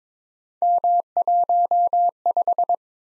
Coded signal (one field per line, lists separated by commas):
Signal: Morse code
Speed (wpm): 21 wpm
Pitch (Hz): 700 Hz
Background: none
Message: M15